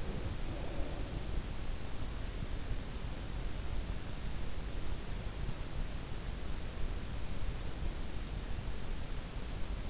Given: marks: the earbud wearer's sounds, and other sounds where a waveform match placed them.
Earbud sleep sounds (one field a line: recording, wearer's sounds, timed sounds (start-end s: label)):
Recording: sounds in sleep by an in-ear microphone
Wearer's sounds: breath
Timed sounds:
0.00-1.42 s: breath